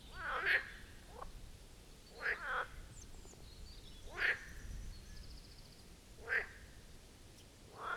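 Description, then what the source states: Marsh frog giving pulsed, chuckling croaks roughly every two seconds, five louder bursts in all. Chorus of marsh frogs at the Birkensee, Schönbuch, Germany, on one of the first proper hot summer days of 2023.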